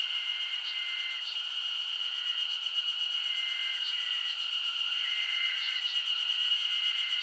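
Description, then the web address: Continuous high insect drone layered with a lower hum, with short, flat lower tones recurring throughout. Summer insect ambience recorded in Japan. "Sound Effects-Foundation 1 AMBIENCE JAPANESE SUMMER INSECTS 01"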